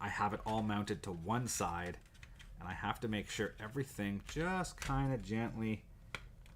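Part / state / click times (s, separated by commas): plastic bomb bay assembly into model aircraft fuselage half / seated / 6.1 s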